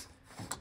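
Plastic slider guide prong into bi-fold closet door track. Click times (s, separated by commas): 0.5 s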